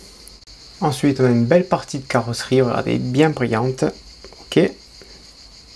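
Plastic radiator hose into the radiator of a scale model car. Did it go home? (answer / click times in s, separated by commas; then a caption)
yes / 0.3 s. A plastic radiator hose is clipped into the radiator of a 1/8 scale Lotus Renault 97T model car, giving one short click at 0.3 s as it seats. Someone then talks for the rest of the clip.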